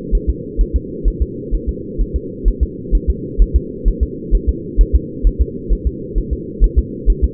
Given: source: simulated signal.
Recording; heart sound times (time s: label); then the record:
fetal heart sounds
0.15 s: S1
0.30 s: S2
0.61 s: S1
0.76 s: S2
1.08 s: S1
1.22 s: S2
1.54 s: S1
1.69 s: S2
2.01 s: S1
2.16 s: S2
2.48 s: S1
2.63 s: S2
2.95 s: S1
3.10 s: S2
3.42 s: S1
3.56 s: S2
3.88 s: S1
4.03 s: S2
4.35 s: S1
4.49 s: S2
4.81 s: S1
4.95 s: S2
5.27 s: S1
5.41 s: S2
5.73 s: S1
5.87 s: S2
6.18 s: S1
6.33 s: S2
6.64 s: S1
6.79 s: S2
7.10 s: S1
7.24 s: S2
From the record:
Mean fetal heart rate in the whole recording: 130 bpm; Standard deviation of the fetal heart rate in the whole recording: 2 bpm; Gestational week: 36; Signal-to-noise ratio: -4.1 dB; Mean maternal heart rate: no maternal heart sound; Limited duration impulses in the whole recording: absent